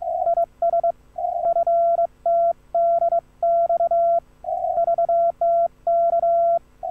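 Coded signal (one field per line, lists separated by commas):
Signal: Morse code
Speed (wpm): 23 wpm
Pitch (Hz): 1360 Hz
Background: none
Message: IS FTDX VTK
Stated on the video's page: Ragchew QSO.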